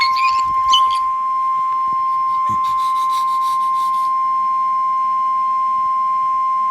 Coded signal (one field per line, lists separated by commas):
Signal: Emergency Alert System (SAME) tones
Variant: 1050 Hz attention tone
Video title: EAS 110 - Required Weekly Test for KWO35